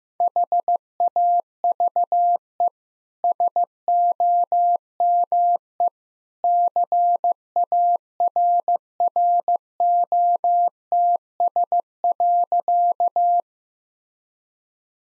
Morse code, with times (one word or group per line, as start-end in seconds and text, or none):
0.2-2.7 HAVE
3.2-5.9 SOME
6.4-13.4 CARROTS.